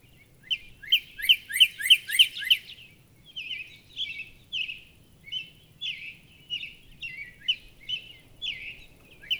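Northern cardinal song: a fast burst of about six downslurred whistles, followed by slower clear slurred notes repeated roughly twice a second.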